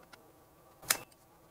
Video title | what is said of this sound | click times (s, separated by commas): My Latest YouTube Creator Parts & Accessories for the ZV-E1 | and it locks in place | 0.9 s